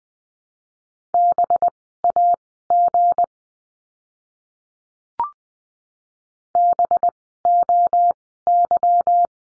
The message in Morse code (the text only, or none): BAG BOY